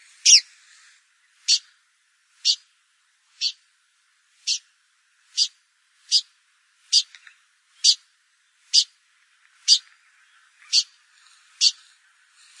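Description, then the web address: Blyth's pipit calling: a long series of crisp, high, clipped notes repeated steadily about once per second. "blyth s pipit bird call"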